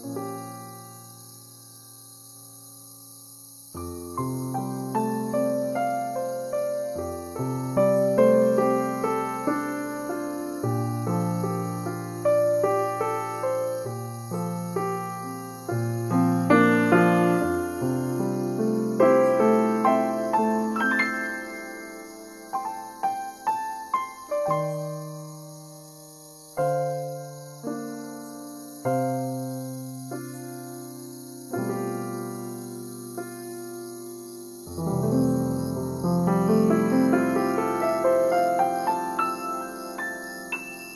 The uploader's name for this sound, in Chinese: 夏夜的虫鸣，还有悠悠的琴音